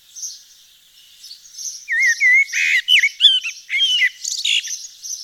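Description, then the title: Eurasian blackbird song: mellow whistled warbles rising and falling, broken by squeaky high-pitched twitters, with other high chirping throughout. Recorded in Nord, France. "Sylvain Jaskowiak - Mes piafs. Merle noir dans le Nord"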